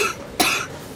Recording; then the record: coughing mixed with background sound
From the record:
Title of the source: 64 coughing, allergies, singing lungs